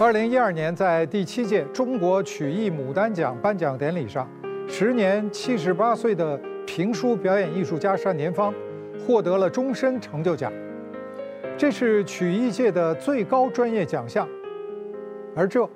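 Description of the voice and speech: An adult documentary narrator speaking Mandarin Chinese in a normal voice, with fluent, steady delivery and only brief pauses.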